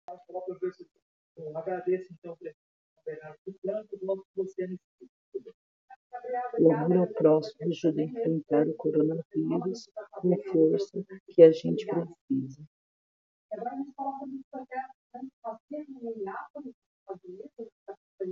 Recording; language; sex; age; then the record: spoken sentence; Brazilian Portuguese; female; 60 to 69 years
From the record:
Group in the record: control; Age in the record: 62 years